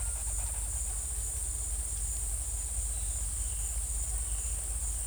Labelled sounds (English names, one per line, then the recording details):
none
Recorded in secondary vegetation near Puerto Asís, Putumayo, Colombia, on 16 December 2024 at 12:00
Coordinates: 0.481, -76.318
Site G042